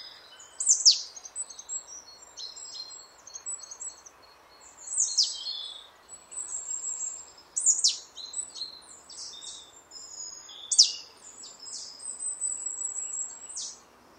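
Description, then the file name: Marsh tit giving repeated bursts of abrupt falling whistles followed by buzzy chatter, every few seconds, with a low steady background hum. "Poecile palustris"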